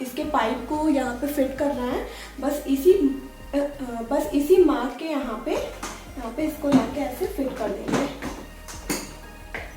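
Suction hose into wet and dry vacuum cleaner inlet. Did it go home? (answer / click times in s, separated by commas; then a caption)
no / none. Someone talks over background music while lining up the plastic suction hose end with the round mark on the body of a Karcher WD3 wet and dry vacuum cleaner and bringing it to the inlet. A brief sharp sound occurs near 9.6 s, but the hose has not yet clicked or seated into the inlet by the end of the clip.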